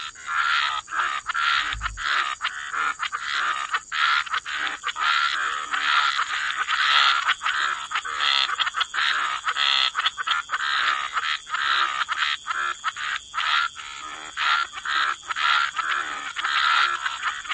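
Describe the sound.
Frog chorus, dense overlapping croaks and trills packed closely together, with a steady high hiss running throughout.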